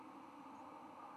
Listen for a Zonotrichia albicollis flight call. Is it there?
no